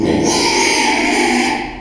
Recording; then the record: squeal of a Yucatan mini pig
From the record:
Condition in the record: after surgery on the right vocal fold (resection and tissue-engineered implant); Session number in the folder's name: 2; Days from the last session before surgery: 13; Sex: male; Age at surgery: 12 weeks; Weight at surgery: 13 kg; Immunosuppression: cyclosporine, prednisolone